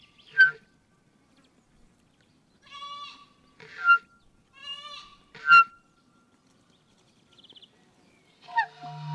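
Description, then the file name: Goat kid giving a run of short, high bleats, some slightly quavering, then a quiet pause before a final bleat. Young goat kid, recorded at Vori, Karidi, Crete, on 23 May 2018, with an external microphone. "Kriti Vor Karidi Zicklein"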